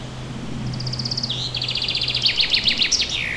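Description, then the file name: Bird song: high repeated notes, then a lower rapid trill of chirps, ending in a falling slurred flourish; a faint low hum runs underneath. Forest setting. "Forest Ambient With A Birdsong"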